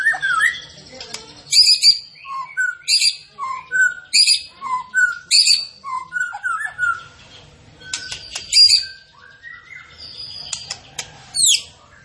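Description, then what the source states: Tembakan bird song: varied whistled notes, high buzzy chips and falling slurs in a lively, irregular sequence with short pauses between phrases. Masteran training recording of a bird singing gacor (in full, persistent song).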